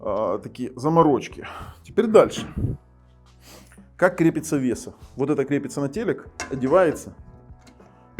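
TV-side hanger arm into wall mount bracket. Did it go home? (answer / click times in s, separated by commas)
yes / 8.2 s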